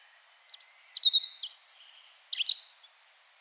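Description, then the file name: European robin singing one rapid, high, tinkling phrase of trills and slurred whistles lasting about two and a half seconds. "Erithacus rubecula"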